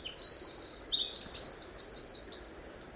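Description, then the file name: Eurasian wren song, a fast run of high, sharp notes and rapid trills, ending with a long quick-pulsed rattle that fades out. "Troglodytes troglodytes"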